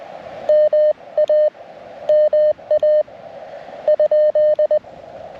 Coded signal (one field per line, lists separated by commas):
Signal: Morse code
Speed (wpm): 20 wpm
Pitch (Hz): 610 Hz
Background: none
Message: MA MA ?